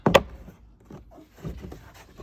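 The plastic stop tabs on the sides of a 2012 Honda Pilot glove box are pushed back in past the dashboard opening. Two sharp plastic snaps land at about 0.1 s and 0.2 s, followed by quieter handling rustles. The tabs are seated.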